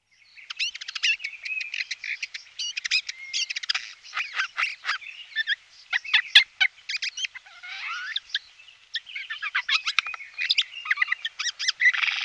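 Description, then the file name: Eurasian jay in a varied run of clicks, chatters and squeaky notes with a few whistled slurs, continuous and busy for the whole stretch. "sojka-obecná"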